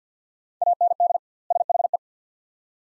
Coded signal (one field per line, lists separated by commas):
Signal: Morse code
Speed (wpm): 47 wpm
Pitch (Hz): 700 Hz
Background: none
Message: AND SHE